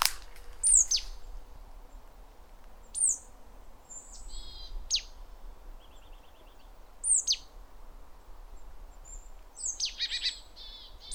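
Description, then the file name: Great tit calls: high falling notes, some followed by clusters of buzzy pulses, spaced a few seconds apart, with a short rattling trill and faint chirps between. "Parus major"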